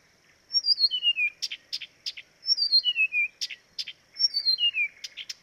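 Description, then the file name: Blyth's reed warbler song: a falling two-part whistled slur followed by several sharp clicks, the whole phrase repeated three times about every two seconds. "life dviete. acrocephalus dumetorum"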